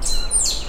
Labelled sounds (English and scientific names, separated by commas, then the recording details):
Stitchbird (Notiomystis cincta) song
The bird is a male
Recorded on Tiritiri Matangi Island, New Zealand, in 2005
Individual 3, of nest box 3